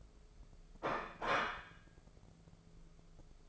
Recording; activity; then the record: daily activity, microphone in the room; place plate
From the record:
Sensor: 5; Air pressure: 1015.2 hPa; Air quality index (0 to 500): 205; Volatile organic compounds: 10 ppm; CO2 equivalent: 2254 ppm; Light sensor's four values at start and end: 73/173/73/79 and 77/182/77/84